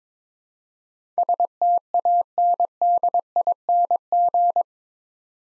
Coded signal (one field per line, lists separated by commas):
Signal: Morse code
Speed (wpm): 22 wpm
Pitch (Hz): 700 Hz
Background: none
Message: STANDING